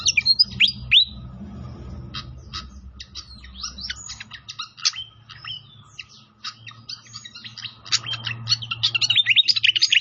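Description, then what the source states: Pied fantail singing: a loud opening burst, then spaced squeaky notes that quicken into a busy chattering burst, over a faint low rumble. Training recording (masteran) of a clear-voiced pied fantail.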